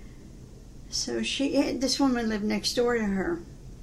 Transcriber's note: none